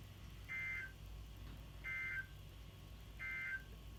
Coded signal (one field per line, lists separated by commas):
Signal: Emergency Alert System (SAME) tones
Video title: Fair well 2020 EAS#404-419 From: 12/24/20 - 12/30/20